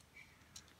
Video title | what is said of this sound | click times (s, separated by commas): Pascal ‘s homemade LEGO toy gun (working) | put it in, to load it, you just put them in and pull this thing back until you hear the click. | 0.6 s